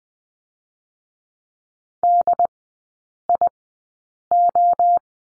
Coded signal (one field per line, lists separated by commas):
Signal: Morse code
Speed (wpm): 20 wpm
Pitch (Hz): 700 Hz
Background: none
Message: DIO